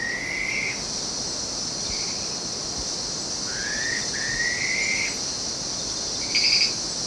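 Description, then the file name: Black-faced pitta whistling: slurred rising whistles, one split into two joined parts, plus brief short notes, over a steady high insect drone. "pitta anerythra"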